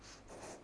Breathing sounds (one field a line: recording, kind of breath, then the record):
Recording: one breath in and out by a microphone near the nose and mouth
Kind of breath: strong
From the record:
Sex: female